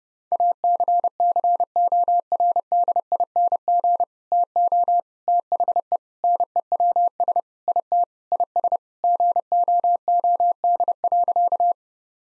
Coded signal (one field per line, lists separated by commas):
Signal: Morse code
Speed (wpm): 32 wpm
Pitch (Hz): 700 Hz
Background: none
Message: ACCORDING TO THE NEWS IT IS GOOD.